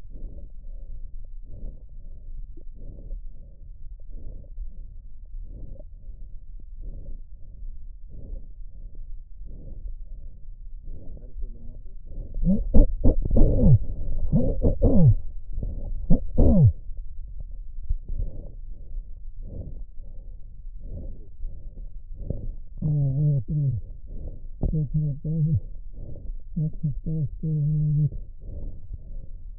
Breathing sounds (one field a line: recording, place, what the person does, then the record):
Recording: lung sounds by stethoscope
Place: trachea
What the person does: quiet breathing, then cough and speech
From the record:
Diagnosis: interstitial lung disease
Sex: male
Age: 72 years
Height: 167 cm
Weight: 74 kg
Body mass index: 26.5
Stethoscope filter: extended mode